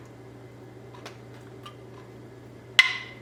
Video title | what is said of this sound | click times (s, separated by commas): Tomato Soup with my Tomatoes from the Garden | I just heard one of them seal. | 2.8 s